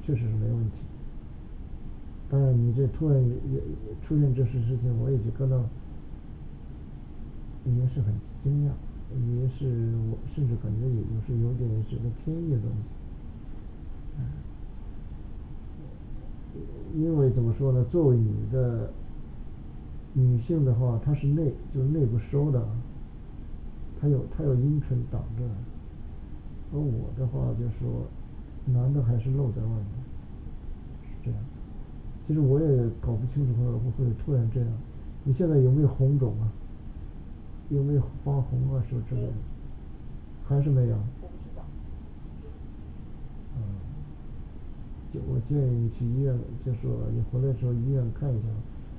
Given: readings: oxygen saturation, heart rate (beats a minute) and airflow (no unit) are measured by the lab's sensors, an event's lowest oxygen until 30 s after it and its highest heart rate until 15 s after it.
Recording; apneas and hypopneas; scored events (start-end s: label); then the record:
a person awake in a sleep study, by a smartphone at the bedside; none
0.00-48.99 s: awake
From the record:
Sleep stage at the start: awake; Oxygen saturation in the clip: 95 to 96%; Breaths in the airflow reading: 14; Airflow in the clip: -2.7 to 4.2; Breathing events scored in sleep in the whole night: 216 in 7.0 hours asleep